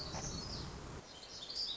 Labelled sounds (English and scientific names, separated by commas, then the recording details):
Black-throated Gray Warbler (Setophaga nigrescens)
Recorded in Sonoma County, California